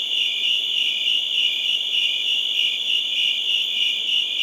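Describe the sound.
Crickets chirping steadily, a shrill pulsing trill holding at the same pitch from start to end.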